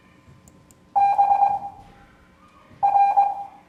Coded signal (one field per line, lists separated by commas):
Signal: Morse code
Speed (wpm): 20 wpm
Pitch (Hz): 800 Hz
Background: none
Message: B R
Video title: Morse Code Class 04